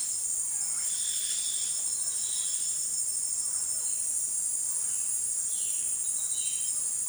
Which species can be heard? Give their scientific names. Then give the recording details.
Cyanocorax violaceus. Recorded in dense forest near Puerto Asís, Putumayo, Colombia, on 19 February 2024 at 18:00. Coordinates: 0.499, -76.324. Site G6469